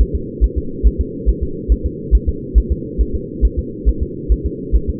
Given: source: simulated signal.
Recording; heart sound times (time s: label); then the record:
fetal heart sounds
0.01 s: S1
0.15 s: S2
0.44 s: S1
0.58 s: S2
0.87 s: S1
1.01 s: S2
1.29 s: S1
1.43 s: S2
1.72 s: S1
1.86 s: S2
2.15 s: S1
2.29 s: S2
2.58 s: S1
2.72 s: S2
3.01 s: S1
3.15 s: S2
3.45 s: S1
3.59 s: S2
3.89 s: S1
4.03 s: S2
4.32 s: S1
4.46 s: S2
4.76 s: S1
4.90 s: S2
From the record:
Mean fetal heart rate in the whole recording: 140 bpm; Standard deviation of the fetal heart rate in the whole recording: 2 bpm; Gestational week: 34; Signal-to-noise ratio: -4.3 dB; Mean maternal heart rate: 72 bpm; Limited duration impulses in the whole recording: absent